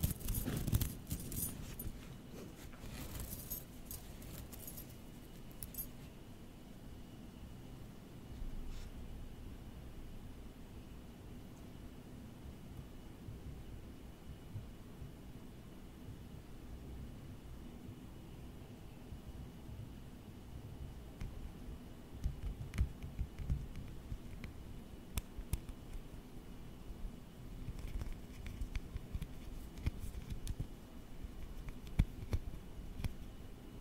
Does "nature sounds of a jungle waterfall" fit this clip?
no